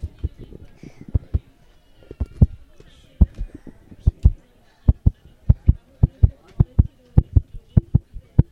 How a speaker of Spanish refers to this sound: Pues así, a ver, escuchad. A ver, cerrando los ojos, a ver si escucháis un corazón.